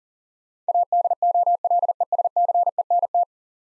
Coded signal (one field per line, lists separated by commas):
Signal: Morse code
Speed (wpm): 38 wpm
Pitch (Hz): 700 Hz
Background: none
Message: ADOLESCENT